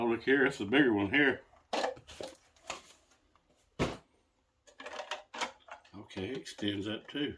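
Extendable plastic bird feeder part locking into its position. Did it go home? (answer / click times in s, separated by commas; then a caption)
no / none. Someone talks while handling the bigger plastic bird feeder, extending its extendable part upward, with a few short handling knocks and rattles between the words. The part has not yet snapped and locked into place; nothing has seated or clicked yet.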